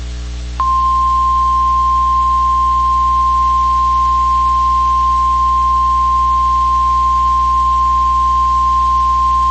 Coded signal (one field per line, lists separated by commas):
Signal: Emergency Alert System (SAME) tones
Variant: 1050 Hz attention tone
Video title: Severe Thunderstorm Warning (4/17/26) [EAS #368]